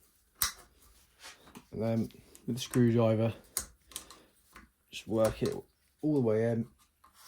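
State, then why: Not seated. A metal fork seal retaining clip is worked with a screwdriver into its groove in the fork leg of an Aprilia RS125 SP, above the washer and shim, while someone talks. Brief sharp ticks and scrapes are heard between the speech. Nothing has seated or clicked into place yet.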